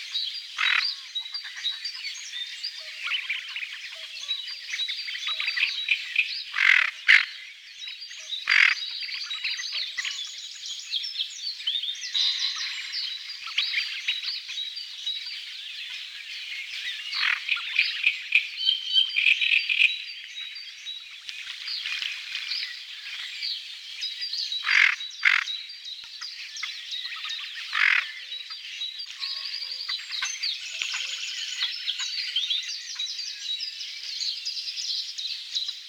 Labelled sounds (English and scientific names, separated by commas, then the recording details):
Tufted Duck (Aythya fuligula)
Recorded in the wild
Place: NSG Taubergießen / Reg.-Präs. Freiburg im Breisgau, Baden-Württemberg, DE
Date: 1978-04-30
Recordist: Schwarz, Dieter